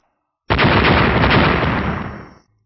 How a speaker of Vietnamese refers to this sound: Mấy chục tiếng nổ chấn động đất trời liên tiếp vang lên, vô số tinh quang màu bạc ở trên trời nổ tung ra, rồi kết thành một màn sáng màu bạc ở bên trong vòng xoáy mây đen.